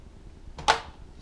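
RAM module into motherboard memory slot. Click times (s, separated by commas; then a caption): 0.6 s, 0.7 s. A RAM memory stick is pressed firmly down into a DIMM slot on the motherboard of an HP Pavilion Gaming PC TG01-0023W desktop. A faint click at 0.6 s is followed by a sharper, louder click at 0.7 s as the white retention latches on each side move in. The module is locked in place and fully seated.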